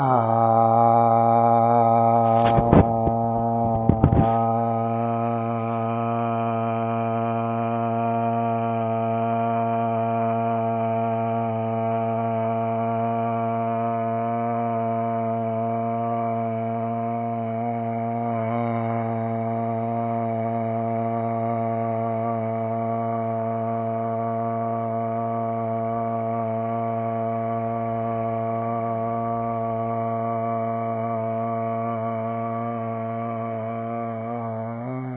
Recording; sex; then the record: sustained vowel /a/; male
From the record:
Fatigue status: no fatigue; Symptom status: asymptomatic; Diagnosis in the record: COVID-19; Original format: 3gp